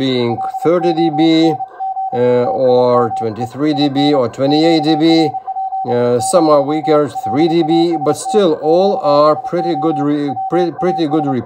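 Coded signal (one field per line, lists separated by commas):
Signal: Morse code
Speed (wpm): 30 wpm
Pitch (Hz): 780 Hz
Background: speech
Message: LONG TIME IN QRP, LAST QSO WAS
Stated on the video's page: Portable HF operation with an Icom IC-705 at 10 W and a Buddistick antenna.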